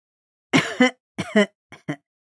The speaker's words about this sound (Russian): «Конечно, я вас слушаю», — услышав, как кашлянул старик, Аннабель ответила и вернулась в реальность, прогоняя прочь воспоминания о нехорошем времени для всей Иссоры.